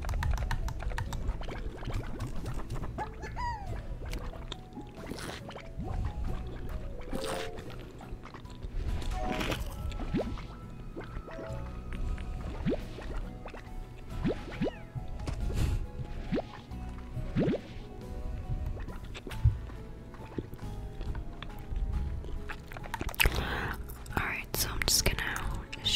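Gum chewing with wet, sticky mouth sounds, steady smacks and clicks repeating throughout, with occasional sharper snaps and squelches.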